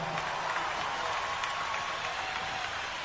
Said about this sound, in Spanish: Y el gran aplauso se lo lleva la Orquesta Sinfónica de Mendoza.